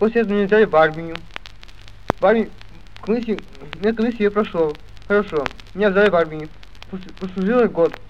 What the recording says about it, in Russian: Своеобразную дизартрию у больного с дефектом артикуляционного аппарата.